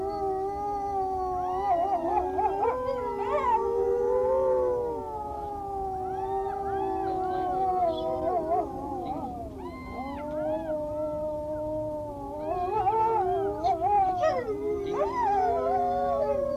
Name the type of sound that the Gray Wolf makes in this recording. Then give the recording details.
howling. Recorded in captivity. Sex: group. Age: adult. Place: Zoo Kischinjow, MD. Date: 1982-03-12. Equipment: Sonett, RFT DM 2112, Kopie Tascam 22-2. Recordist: Frommolt, Karl-Heinz. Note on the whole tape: Gruppenheulen mit guten Modulationen, am Schluss Fiepen